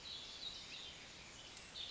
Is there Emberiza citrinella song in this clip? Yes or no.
no